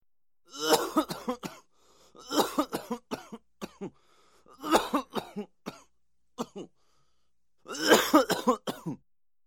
Human cough male coughing strenuously.